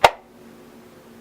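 A pistol is pushed into a rigid kydex plastic holster and locks in with a single sharp snap at 0.05 s, followed by a faint low hum. The retention is perfect, with no play in any direction.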